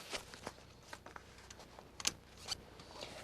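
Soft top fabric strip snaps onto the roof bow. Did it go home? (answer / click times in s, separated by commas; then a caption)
yes / 2.0 s, 2.1 s. On a 1997–2006 TJ Jeep Wrangler soft top, a fabric strip is pulled up around the rear roof bow and its snaps are pressed onto the snap studs on top of the bow. Soft rustling and light taps lead up to two sharp snaps at 2.0 and 2.1 seconds as the snaps fasten into place on the bow.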